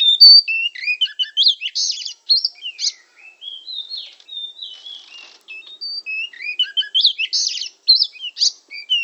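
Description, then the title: Oriental magpie-robin song, long run of clear whistles mixed with harsh churring bursts, phrases repeating after a brief lull midway. Described as 'gacor', meaning singing vigorously. "Kacer Gacor"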